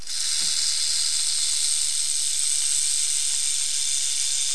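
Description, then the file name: Rattlesnake rattling in a steady, unbroken, hissing buzz that holds the same loudness and pitch throughout, with no other sounds. "serpent sonnette"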